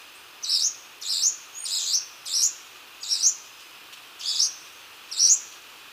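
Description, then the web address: Choco Warbler calls: several sharp, high chip notes at uneven intervals, over quiet background hiss. Ecuador. "Birds of Ecuador. Choco Warbler"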